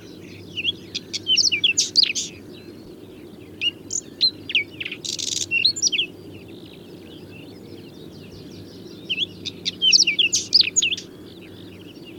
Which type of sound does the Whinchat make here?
song